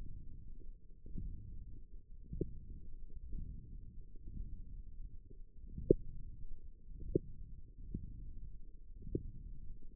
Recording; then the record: forearm muscle sounds (acoustic myography)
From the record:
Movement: index flexion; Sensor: system 1, eight BSWA MPA416 microphones around the upper forearm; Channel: 2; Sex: female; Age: 22 years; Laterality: right